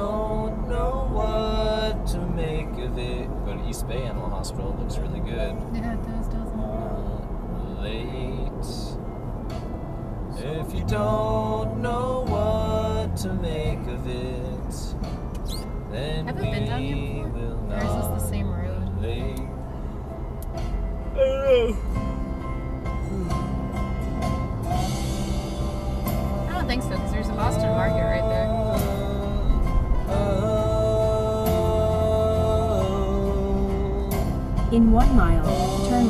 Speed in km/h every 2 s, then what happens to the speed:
66, 68, 66, 66, 64, 58, 55, 53, 52, 53, 53, 58, 64, 68, 69, 72, 76, 74.
0-8 steady at about 66. 8-11 slows to 55. 11-21 steady at about 53. 21-31 speeds up to 76.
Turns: none.